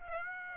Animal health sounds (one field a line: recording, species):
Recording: mosquito wingbeat signal from an infrared sensor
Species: Aedes aegypti